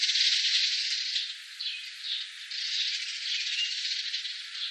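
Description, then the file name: Eurasian tree sparrow chatter, a continuous mass of overlapping high chirps and rattles running throughout without a break. "suzume"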